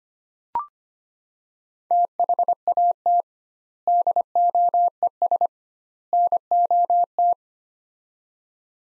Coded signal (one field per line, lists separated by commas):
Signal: Morse code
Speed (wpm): 25 wpm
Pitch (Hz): 700 Hz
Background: none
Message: THAT DOES NOT